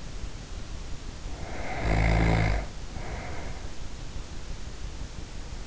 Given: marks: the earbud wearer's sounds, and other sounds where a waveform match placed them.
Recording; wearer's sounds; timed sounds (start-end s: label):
sounds in sleep by an in-ear microphone; snoring breath
1.27-3.84 s: snoring breath